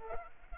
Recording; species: mosquito wingbeat signal from an infrared sensor; Culex pipiens